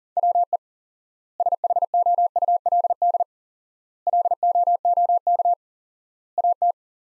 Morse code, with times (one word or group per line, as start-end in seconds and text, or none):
0.2-0.6 WE
1.4-3.2 SHOULD
4.1-5.5 LOOK
6.4-6.7 AT